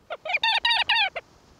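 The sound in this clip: Whiskered Auklet call series: nasal, reedy notes bunched into quick bursts, the longer ones bending downward, ending with a short clipped note.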